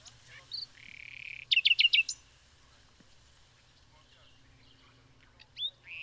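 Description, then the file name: Common nightingale song phrase: a drawn-out whistle, then four or five loud, rapidly repeated chopping notes, a long pause and sliding whistled notes at the end. "Luscinia megarhynchos"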